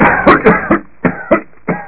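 About six short, harsh cough bursts in under two seconds: three run together, then three spaced apart with quiet gaps. A plain adult coughing fit, a sound effect.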